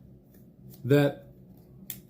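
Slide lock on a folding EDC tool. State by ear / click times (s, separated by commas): seated / 1.9 s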